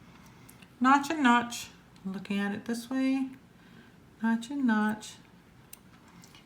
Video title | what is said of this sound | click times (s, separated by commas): Reverie RDA - TX Vapes & Timesvape | then push it down and it's right there it's literally locked into place it's not gonna move | 5.7 s